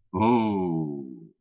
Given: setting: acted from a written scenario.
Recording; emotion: vocal sound without words; awe